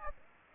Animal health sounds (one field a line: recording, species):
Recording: mosquito wingbeat signal from an infrared sensor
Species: Aedes aegypti